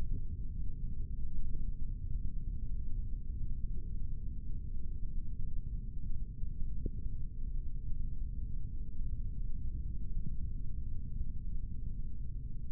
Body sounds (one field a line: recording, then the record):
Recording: forearm muscle sounds (acoustic myography)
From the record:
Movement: rest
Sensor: system 3, bracelet of six PUI Audio POM-2738L microphones around the upper forearm, with dedicated amplification and filtering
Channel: 1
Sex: male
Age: 26 years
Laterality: right